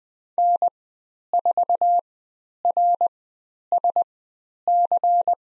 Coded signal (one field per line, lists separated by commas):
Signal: Morse code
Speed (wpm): 20 wpm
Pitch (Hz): 700 Hz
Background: none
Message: N4RSC